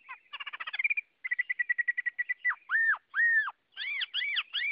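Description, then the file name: Chinese hwamei song, a buzzy rattling trill, then a run of short even notes and loud arched whistles, the notes varied and tumbling quickly. Song in the 'forest voice' (giọng rừng) style. "Tieng hoa mi hot giong rung"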